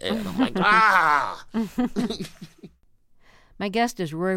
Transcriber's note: laughter